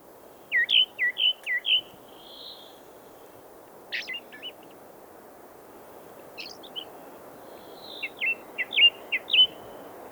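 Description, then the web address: Redwing song opening with six fast descending whistled notes, followed by a thin drawn note, scratchy twittering bursts, and a closing string of slurred whistles over constant low hiss. "2018 04 redwing"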